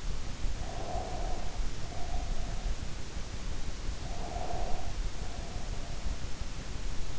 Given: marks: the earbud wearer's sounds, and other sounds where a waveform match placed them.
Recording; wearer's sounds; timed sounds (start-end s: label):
sounds in sleep by an in-ear microphone; breath
0.59-2.87 s: breath
3.94-6.12 s: breath